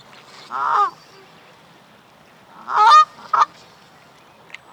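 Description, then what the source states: Bird calls: three harsh, nasal honks, one alone and then a pair about two seconds later, with quiet between. Canada.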